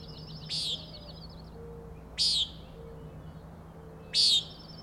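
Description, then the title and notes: Common nighthawk calling three harsh buzzy peents about every two seconds, with thin high trills before the first and after the last. Three birds flying in a close follow-the-leader formation near the recordist, peenting, wing booms and a rattling noise; Schoodic Head overlook, Acadia National Park, Winter Harbor, Maine; 061617, 4am. "Common Nighthawks, Schoodic Head 061617 4am. 3 common nighthawks making peenting calls and wings booms but also a rattling noise at the Overlook (410 ft) on Schoodic Head (435 feet) Schoodic division Acadia National Park Winter Harbor, ME"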